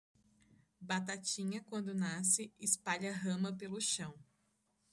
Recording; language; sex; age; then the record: short text; Brazilian Portuguese; female; 20 to 29 years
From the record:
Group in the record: control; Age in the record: 21 years